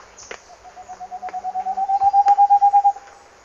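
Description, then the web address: Moustached Antpitta calling with a long run of soft, hollow whistled notes that rise gradually in pitch and grow steadily louder before stopping abruptly. Recorded in Ecuador. "Birds of Ecuador. Moustached Antpitta"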